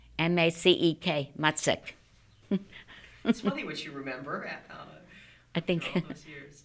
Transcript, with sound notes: M-A-C-E-K. Macek. (she laughs)
It's funny what you remember after all those years.